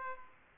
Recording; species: mosquito wingbeat signal from an infrared sensor; Aedes aegypti